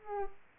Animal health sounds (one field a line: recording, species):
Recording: mosquito wingbeat signal from an infrared sensor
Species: Culex pipiens